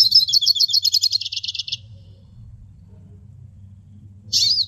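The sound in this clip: Hooded siskin giving a rapid run of high repeated notes that fades, silence, then a brief twitter at the end.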